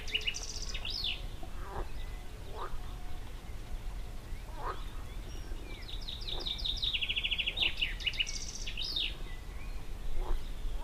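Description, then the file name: Frogs croaking with spaced rasping notes, mixed with a bird's high twittering song over low background noise. Frog chorus. "Froschkonzert - frogs concert"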